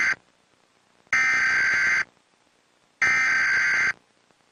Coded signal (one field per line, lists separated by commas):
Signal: Emergency Alert System (SAME) tones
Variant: header bursts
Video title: joey and his dad got emergency alert system